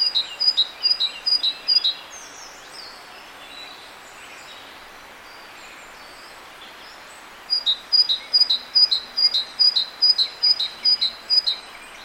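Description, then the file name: Great tit song in two bursts of rapid alternating high and lower notes, separated by a pause of several seconds with soft background hiss. "Parus major"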